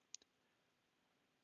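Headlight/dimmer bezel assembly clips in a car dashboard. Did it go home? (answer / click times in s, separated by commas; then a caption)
released / 0.1 s. A headlight and dimmer switch bezel assembly in the plastic dashboard of a new Chevy, GMC, or Buick is pried out with a pry tool on top while firm pressure is applied to the back. One sharp click sounds at 0.2 s (0.15 s), followed by a fainter tick, as a retaining clip on the top lets go. The bezel clip pops out and is released.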